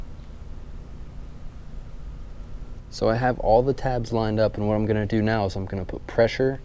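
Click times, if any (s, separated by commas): none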